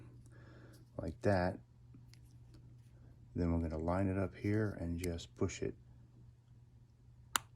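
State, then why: Seated. Someone talks while a Shimano Di2 electrical cable plug, held in a plastic plug tool, is lined up and pushed straight into a component port on a Trek Domane SL7. A single sharp, small snap comes at 7.4 s as the plug seats in the port.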